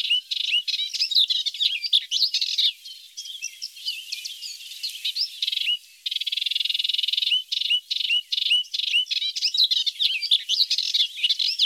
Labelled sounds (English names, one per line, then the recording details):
Melodious Warbler song
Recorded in the wild
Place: St. Laurent des Arbres und Umgebung, FR
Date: 2010-05-26
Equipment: MiniDisc Sharp MT 20 H
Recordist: Schwarz, Dieter